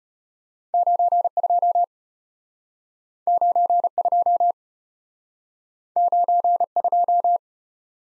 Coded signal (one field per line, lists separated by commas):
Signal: Morse code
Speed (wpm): 33 wpm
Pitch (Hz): 700 Hz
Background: none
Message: 92 92 92